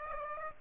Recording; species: mosquito wingbeat signal from an infrared sensor; Aedes aegypti